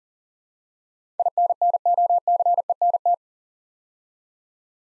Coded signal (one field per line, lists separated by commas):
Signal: Morse code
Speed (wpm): 40 wpm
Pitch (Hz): 700 Hz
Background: none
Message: INNOCENT